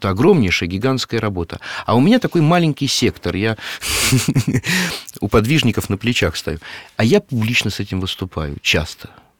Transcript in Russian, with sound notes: Это огромнейшая, гигантская работа. А у меня такой маленький сектор — я... (смеется) у подвижников на плечах стою. А я публично с этим выступаю часто.